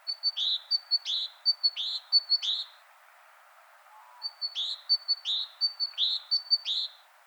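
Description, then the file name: Great tit song, bright two-note phrases repeated rapidly, a high thin note dropping into a lower one, four phrases, a pause of over a second, then four more. "Parus major"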